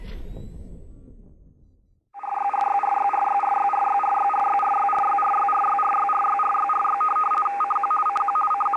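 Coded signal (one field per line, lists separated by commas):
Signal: RTTY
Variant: 50 baud, 450 Hz shift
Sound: brief rumbling noise, then a steady rapid warble between two tones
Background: radio static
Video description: DDK 2 em 4.583 Khz, transmite informações de tempo com 1Kw de potência no modo rtty 50.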